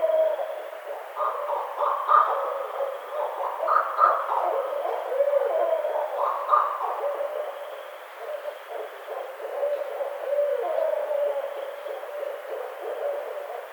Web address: Barred Owl 2009 04 23 Barred Owl 01